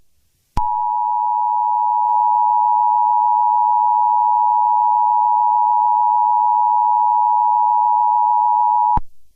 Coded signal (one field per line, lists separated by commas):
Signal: Emergency Alert System (SAME) tones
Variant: 853 and 960 Hz attention tone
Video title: EAS Mock: Child Abduction Emergency (read desc)